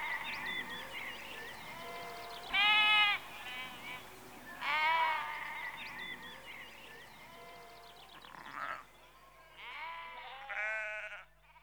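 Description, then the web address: Sheep bleating repeatedly, with loud harmonic bleats around three and five seconds and quieter overlapping calls over low background noise. Sheep in a rural exterior atmosphere, recorded in the early evening, close. "BBC Sound Effects Library - Exterior Atmospheres-Rural Backg Sheep Early Evening- Close"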